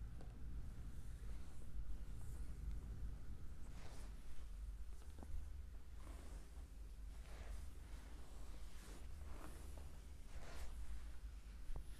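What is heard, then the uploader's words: A foot massage with a steady low rumble running underneath throughout. Soft brushing, rubbing swishes rise over it every second or two, with a couple of sharp clicks near the four-second mark and at the very end. ASMR Relaxing foot massage.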